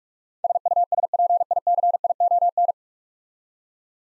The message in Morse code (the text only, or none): SUSPICION